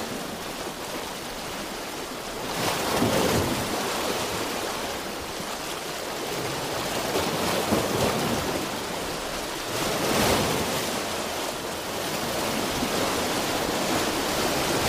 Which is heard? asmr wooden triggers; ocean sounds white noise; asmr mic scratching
ocean sounds white noise